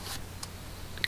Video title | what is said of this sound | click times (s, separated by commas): Refurbishing Antique Chisels And First Attempt At Leatherwork | You see it slots in and it's got a nice click, | 1.0 s